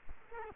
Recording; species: mosquito wingbeat signal from an infrared sensor; Culex quinquefasciatus